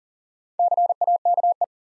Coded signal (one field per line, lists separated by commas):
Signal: Morse code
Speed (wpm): 40 wpm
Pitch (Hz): 700 Hz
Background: none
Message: CAKE